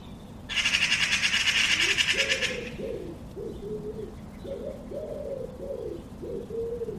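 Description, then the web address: Bird sounds: a loud, harsh, rasping rattle for about two seconds, followed by a series of soft, low hooting notes. "cianscape birddata Deverinetal"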